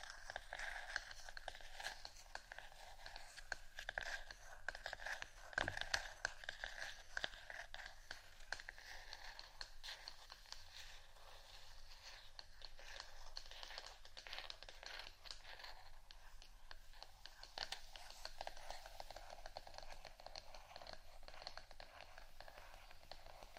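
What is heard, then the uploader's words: Scratching goes on steadily for the whole stretch, a dense, dry rasp made of quick irregular strokes with no pauses. The sound sits in the middle and upper range, with little low end, and occasional sharper crackles stand out near six and eighteen seconds. ASMR Scratching Only（No Talking）.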